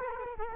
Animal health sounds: mosquito wingbeat signal from an infrared sensor; Culex quinquefasciatus

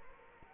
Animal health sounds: mosquito wingbeat signal from an infrared sensor; Culex quinquefasciatus

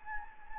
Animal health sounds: mosquito wingbeat signal from an infrared sensor; Anopheles gambiae

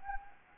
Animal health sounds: mosquito wingbeat signal from an infrared sensor; Anopheles gambiae

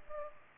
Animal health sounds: mosquito wingbeat signal from an infrared sensor; Culex pipiens

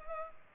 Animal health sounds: mosquito wingbeat signal from an infrared sensor; Culex pipiens

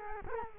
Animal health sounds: mosquito wingbeat signal from an infrared sensor; Culex quinquefasciatus

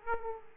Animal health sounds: mosquito wingbeat signal from an infrared sensor; Aedes aegypti

